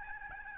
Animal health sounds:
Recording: mosquito wingbeat signal from an infrared sensor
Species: Aedes albopictus

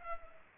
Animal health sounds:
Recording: mosquito wingbeat signal from an infrared sensor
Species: Culex pipiens

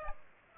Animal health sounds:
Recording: mosquito wingbeat signal from an infrared sensor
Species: Aedes aegypti

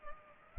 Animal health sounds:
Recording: mosquito wingbeat signal from an infrared sensor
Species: Culex pipiens

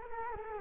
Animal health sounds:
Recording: mosquito wingbeat signal from an infrared sensor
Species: Culex quinquefasciatus

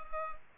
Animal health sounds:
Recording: mosquito wingbeat signal from an infrared sensor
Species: Culex pipiens

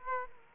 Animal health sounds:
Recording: mosquito wingbeat signal from an infrared sensor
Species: Aedes aegypti

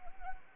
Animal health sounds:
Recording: mosquito wingbeat signal from an infrared sensor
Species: Anopheles arabiensis

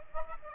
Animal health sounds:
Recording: mosquito wingbeat signal from an infrared sensor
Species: Aedes aegypti

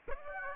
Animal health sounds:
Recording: mosquito wingbeat signal from an infrared sensor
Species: Aedes aegypti

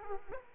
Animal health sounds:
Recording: mosquito wingbeat signal from an infrared sensor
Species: Aedes aegypti

